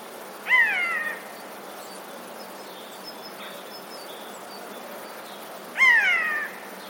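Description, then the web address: Eurasian jay uttering two hoarse, descending mews, each under a second long, spaced about five seconds apart over a steady hiss. Recorded 13 February 2022. "wroblowe ostrzegator sojka 13 02 2022"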